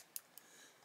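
A micro SD memory card is pushed into the card slot of a CAMDUCK 4MP wireless hidden camera built to look like a smoke detector. A sharp click at 0.2 s marks the card latching in place, followed by a fainter tick at 0.4 s over a quiet background. The card is seated.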